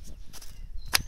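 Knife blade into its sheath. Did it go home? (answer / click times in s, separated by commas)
yes / 0.9 s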